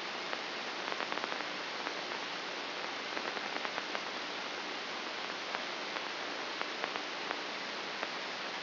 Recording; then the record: brain microelectrode recording played as sound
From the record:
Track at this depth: inside the subthalamic nucleus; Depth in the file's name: 4.829 mm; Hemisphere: left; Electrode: 2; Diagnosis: Parkinson's disease